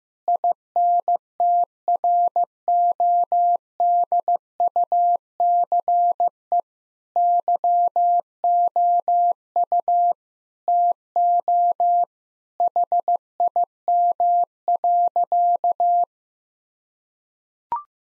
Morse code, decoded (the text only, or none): INTRODUCE YOU TO HIM.